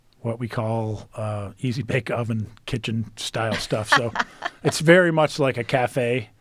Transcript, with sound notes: what we call Easy Bake Oven kitchen-style stuff. [LAUGHTER] It's very much like a cafe